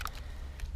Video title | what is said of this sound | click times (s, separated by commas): BULLS E-STREAM EVO 45 AM Review - $5.5k | thank goodness it went in great you can hear it click so I'm like feeling pretty pretty | 0.0 s, 0.1 s